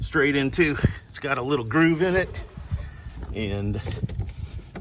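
Someone talks while lining up the other end of a new upper radiator hose on a 2019 Ford F250, getting ready to push it straight in with two hands onto its grooved coolant fitting. Near the end there are faint handling sounds, but the hose has not seated or clicked yet.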